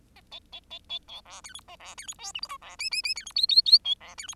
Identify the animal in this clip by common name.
Bengalese Finch